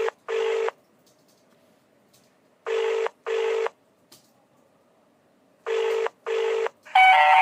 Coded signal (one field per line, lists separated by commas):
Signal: telephone call progress tone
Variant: UK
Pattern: ringback tone